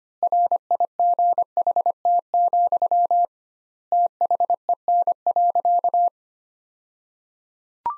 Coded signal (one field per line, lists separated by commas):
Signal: Morse code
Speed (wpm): 25 wpm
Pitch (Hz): 700 Hz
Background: none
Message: RIGHT, THEN.